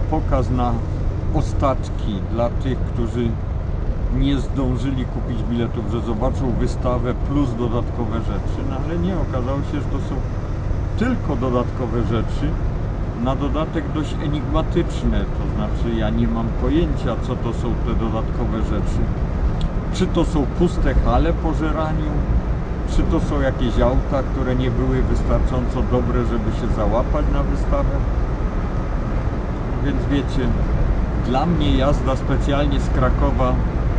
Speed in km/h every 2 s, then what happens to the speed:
53, 55, 54, 52, 53, 58, 62, 64, 65, 65, 66, 67, 69, 70, 71, 74, 74.
0-7 steady at about 53. 7-34 speeds up to 74.